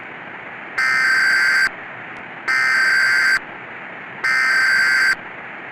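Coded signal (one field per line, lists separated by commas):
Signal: Emergency Alert System (SAME) tones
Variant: header bursts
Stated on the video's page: Fictional analog horror EAS scenario using valid EAS tones.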